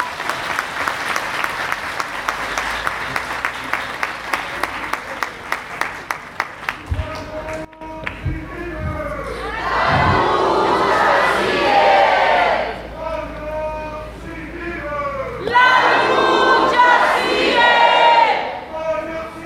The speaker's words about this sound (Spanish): damos la palabra a nuestros compañeros representantes de las madres y padres de los 43 normalistas de Ayotzinapa. Un fuerte aplauso para ellos, por favor.